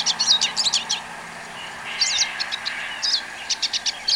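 Bird song: quick high chirping notes, a short squeaky warbled phrase, then sharp repeated chips.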